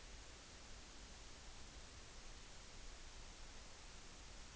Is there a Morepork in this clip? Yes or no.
no